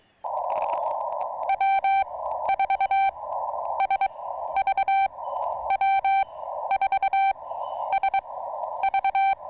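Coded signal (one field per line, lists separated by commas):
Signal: Morse code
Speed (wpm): 23 wpm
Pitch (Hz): 2350 Hz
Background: none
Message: W4SV W4SV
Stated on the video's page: Morse from a park activation, sent with paddles on a Yaesu FT-891 at 25 watts into a 17-ft whip on a tripod.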